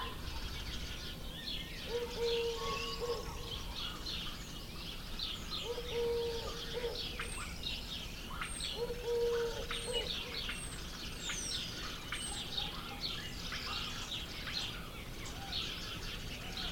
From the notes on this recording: the gentle cooing of doves to the playful warbling of canaries